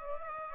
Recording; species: mosquito wingbeat signal from an infrared sensor; Aedes aegypti